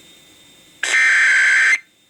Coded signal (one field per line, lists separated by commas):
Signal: Emergency Alert System (SAME) tones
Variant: header bursts